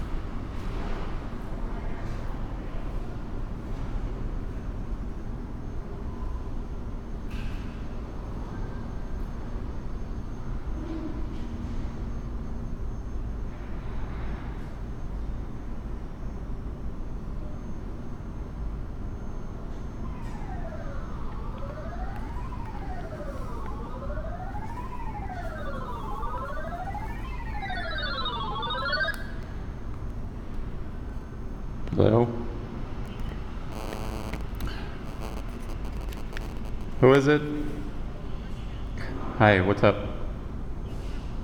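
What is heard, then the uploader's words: Steady low rumble of work inside a building under construction, with scattered voices and knocks. Around 20 to 29 seconds a rising and falling warble sweeps up and down, like a lift alarm, and sharp clanks ring out near 32, 37 and 40 seconds. A typical day on the construction site inside the Chase Family building. Some of the sounds heard either in the foreground or in the distance are: a scissorlift, mudders on stilts, worker conversation.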